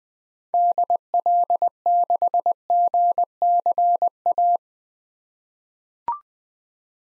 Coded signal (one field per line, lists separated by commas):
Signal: Morse code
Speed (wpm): 21 wpm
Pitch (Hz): 700 Hz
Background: none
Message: DL6GCA